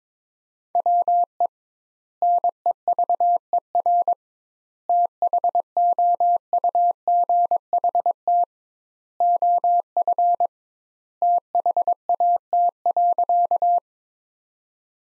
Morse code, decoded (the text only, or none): WE NEVER THOUGHT OF THAT.